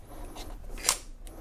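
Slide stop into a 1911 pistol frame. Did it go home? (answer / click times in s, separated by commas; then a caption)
yes / 0.9 s. During reassembly of a Ruger SR1911 10mm pistol, a steel part, likely the slide stop, is eased into the frame and pushed forward over a soft scraping rustle. A sharp metallic click at 0.9 s marks it locking in place, followed by a faint tick around 1.3 s.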